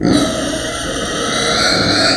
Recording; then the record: squeal of a Yucatan mini pig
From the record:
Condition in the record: before surgery on the right vocal fold (resection and tissue-engineered implant); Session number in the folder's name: 3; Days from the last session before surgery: 0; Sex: female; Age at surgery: 19 weeks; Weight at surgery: 25 kg